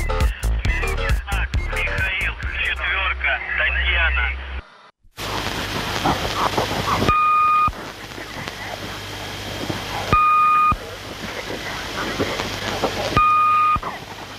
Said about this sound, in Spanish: Bueno, nos montamos a la ola de interferencias, que ya no sabemos qué parte es la interferencia o qué parte es el programa. Estamos absolutamente perdidos.